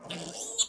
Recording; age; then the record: pig call; piglet (1 to 25 days)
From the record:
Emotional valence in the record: negative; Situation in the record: castration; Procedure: castration, fixation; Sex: male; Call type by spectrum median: high-frequency call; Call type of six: mixed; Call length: 0.69 s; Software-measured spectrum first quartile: 2782 Hz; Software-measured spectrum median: 5446 Hz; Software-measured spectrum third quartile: 7556 Hz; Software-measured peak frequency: 3475 Hz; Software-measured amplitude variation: 164 dB a second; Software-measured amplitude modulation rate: 16.8 a second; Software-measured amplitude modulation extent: 9.8 dB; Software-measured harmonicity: 6.7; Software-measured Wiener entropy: -2.43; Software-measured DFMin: 988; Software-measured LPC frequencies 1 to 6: 588, 3488, 4185, 6067, 7019, 7455 Hz